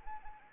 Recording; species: mosquito wingbeat signal from an infrared sensor; Anopheles arabiensis